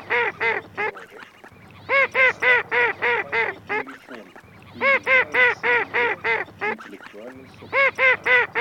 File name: Кряква